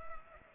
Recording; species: mosquito wingbeat signal from an infrared sensor; Culex pipiens